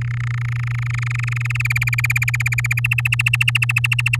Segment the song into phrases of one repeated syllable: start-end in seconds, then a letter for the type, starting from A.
0.01-1.62 A, 1.65-2.80 B, 2.84-4.16 C